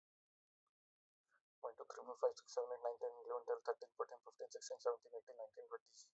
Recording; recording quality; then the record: counting at a fast pace; excellent, no background noise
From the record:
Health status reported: healthy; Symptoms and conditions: none ticked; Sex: male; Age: 30 years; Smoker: yes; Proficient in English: yes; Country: India